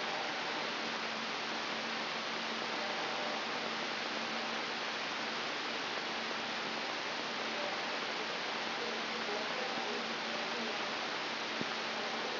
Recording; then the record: brain microelectrode recording played as sound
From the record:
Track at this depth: inside the subthalamic nucleus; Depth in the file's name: 7.329 mm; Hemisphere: right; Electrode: 3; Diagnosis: Parkinson's disease